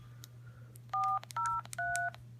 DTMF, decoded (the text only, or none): 403